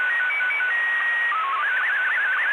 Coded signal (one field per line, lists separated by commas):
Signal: SSTV (slow-scan television)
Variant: Scottie 2